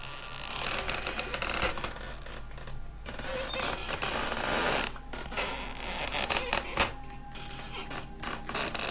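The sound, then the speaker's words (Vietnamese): Bamboo stems creak and grind against each other in a continuous, rasping groan, with scratchy twisting squeaks rising and falling over a steady dense rustle. No one speaks. “Tiếng những thân tre cọ vào nhau cứ kẽo cả kẽo kẹt, nghe đến rợn cả người, cứ như là ai cầm cả một cái đoạn tre nó vặn vẹo vậy.”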